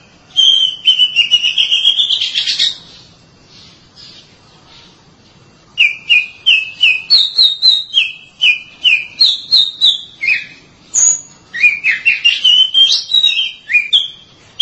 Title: Suara Kicauan Burung Kacer